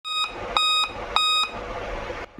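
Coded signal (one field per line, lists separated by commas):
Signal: beep code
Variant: Dell laptop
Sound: loud shrill beeps about 0.3 s long, repeating every 0.6 s, three heard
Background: small room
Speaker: ডেল ল্যাপটপ অন করার সময় জোরে জোরে বিপ সাউন্ড করে আর অন হইতেও সমস্যা করে।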